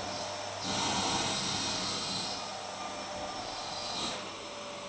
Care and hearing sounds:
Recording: daily activity, microphone in the room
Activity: vacuum cleaning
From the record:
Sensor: 3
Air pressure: 999.2 hPa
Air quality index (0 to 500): 203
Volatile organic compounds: 50 ppm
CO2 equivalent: 3301 ppm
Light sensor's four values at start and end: 7/17/7/6 and 7/17/7/6

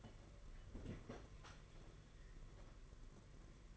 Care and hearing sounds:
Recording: daily activity, microphone in the room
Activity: open fridge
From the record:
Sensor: 4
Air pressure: 992.7 hPa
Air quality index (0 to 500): 167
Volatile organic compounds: 231 ppm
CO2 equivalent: 4308 ppm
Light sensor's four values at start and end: 19/67/25/25 and 19/66/24/25

